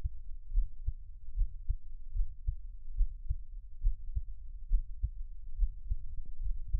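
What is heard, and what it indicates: Steady paired lub-dub thumps at about 70 beats a minute, an ordinary adult heartbeat heard close up, a Taiwanese ASMR piece offering the creator's own heartbeat with no talking.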